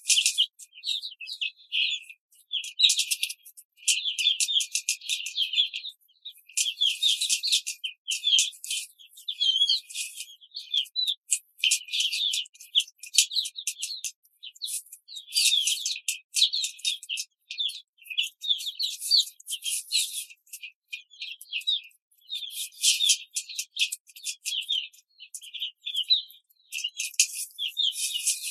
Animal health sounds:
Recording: young laying hens in a cage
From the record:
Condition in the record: control cage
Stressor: none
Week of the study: 5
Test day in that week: 1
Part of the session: 3

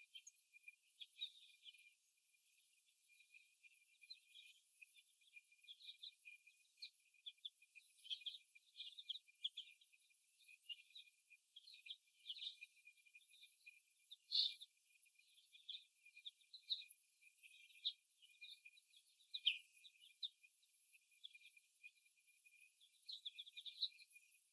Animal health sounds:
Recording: young laying hens in a cage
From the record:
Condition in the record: after the stressor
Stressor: simulated dog barking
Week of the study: 1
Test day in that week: 1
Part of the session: 3

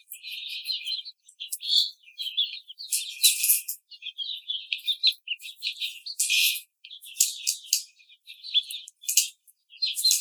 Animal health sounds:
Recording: young laying hens in a cage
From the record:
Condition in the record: treatment cage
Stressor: simulated dog barking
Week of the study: 5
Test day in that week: 1

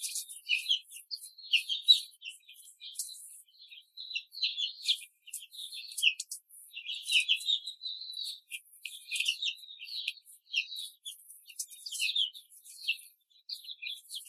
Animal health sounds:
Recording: young laying hens in a cage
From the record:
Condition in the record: control cage, before the stress test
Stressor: none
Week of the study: 4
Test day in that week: 3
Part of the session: 2

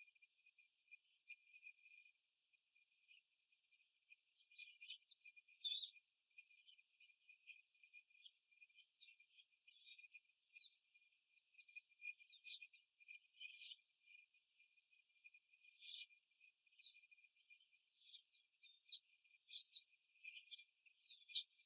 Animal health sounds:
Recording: young laying hens in a cage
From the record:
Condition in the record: after the stressor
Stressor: simulated dog barking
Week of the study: 1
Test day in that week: 2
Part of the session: 1

